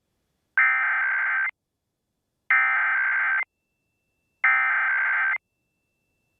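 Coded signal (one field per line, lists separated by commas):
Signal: Emergency Alert System (SAME) tones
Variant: header bursts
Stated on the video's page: Real Oklahoma monthly EAS test aired on Oklahoma PBS, live stream recording.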